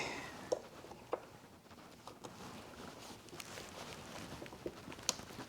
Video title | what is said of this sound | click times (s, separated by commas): I finally got a brand new outboard - 2026 Tohatsu 30HP! #tohatsu #boating #fishing #garmin #nmea | There you go. Clicks right in. | 5.1 s